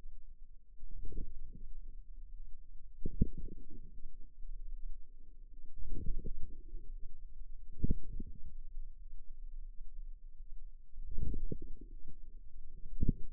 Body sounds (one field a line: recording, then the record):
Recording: forearm muscle sounds (acoustic myography)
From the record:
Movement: inward rotation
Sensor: system 2, bracelet of six BSWA MPA416 microphones around the upper forearm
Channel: 2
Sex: female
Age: 23 years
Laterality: right